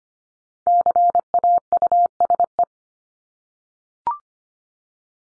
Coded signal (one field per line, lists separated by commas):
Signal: Morse code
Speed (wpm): 25 wpm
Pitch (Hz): 700 Hz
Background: none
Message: CAUSE